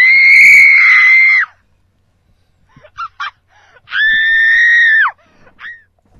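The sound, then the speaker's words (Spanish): Loud, drawn-out screaming: two long, high, steady wails, each over a second, separated by a few short sharp yelps. No talking. “el tema del grito”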